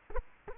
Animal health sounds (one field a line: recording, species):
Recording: mosquito wingbeat signal from an infrared sensor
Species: Culex quinquefasciatus